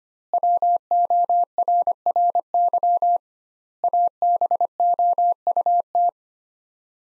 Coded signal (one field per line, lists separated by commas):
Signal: Morse code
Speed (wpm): 25 wpm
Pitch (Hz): 700 Hz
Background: none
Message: WORRY ABOUT